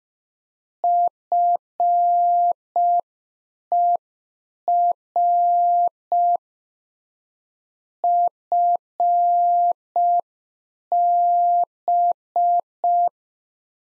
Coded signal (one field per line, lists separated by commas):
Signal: Morse code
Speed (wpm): 5 wpm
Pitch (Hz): 700 Hz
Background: none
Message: FER FB